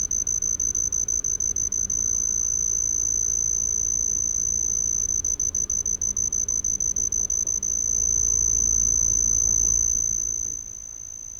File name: Homoeoxipha lycoides